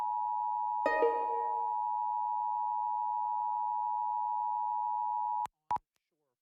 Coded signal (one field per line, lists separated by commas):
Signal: Emergency Alert System (SAME) tones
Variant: 853 and 960 Hz attention tone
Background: speech, music